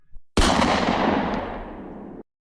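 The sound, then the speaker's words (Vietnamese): A sudden, loud burst of gunfire rips through a metal roller door, riddling it with holes, a dense, harsh roar lasting about two seconds before cutting off abruptly into silence. “Không ngờ Triệu Ngọc vừa mới hô lên một tiếng thì thấy cánh cửa cuốn trước mặt Cận Vạn bất ngờ phát ra một tiếng nổ vang rồi. Cánh cửa bị bắn thủng vô số lỗ, mà Cận Vạn cũng bị bắn bay ra ngoài.”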